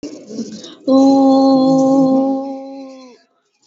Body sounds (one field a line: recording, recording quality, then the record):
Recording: sustained vowel as in boot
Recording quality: excellent, no background noise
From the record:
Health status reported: healthy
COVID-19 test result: negative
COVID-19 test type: RT-PCR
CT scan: not taken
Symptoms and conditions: cough, cold, fever, hypertension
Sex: female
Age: 30 years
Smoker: no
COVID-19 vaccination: both doses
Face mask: worn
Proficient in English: yes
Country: India